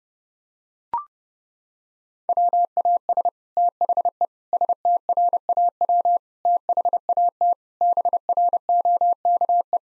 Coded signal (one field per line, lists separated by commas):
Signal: Morse code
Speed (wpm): 32 wpm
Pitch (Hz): 700 Hz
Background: none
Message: WAS THE STRAW THAT BROKE